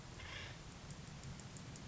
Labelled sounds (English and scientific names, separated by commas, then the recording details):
Acorn Woodpecker (Melanerpes formicivorus)
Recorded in Sonoma County, California